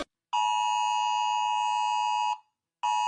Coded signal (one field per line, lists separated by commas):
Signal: Emergency Alert System (SAME) tones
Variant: 853 and 960 Hz attention tone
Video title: a handful of eas alarms animated (i’m sorry)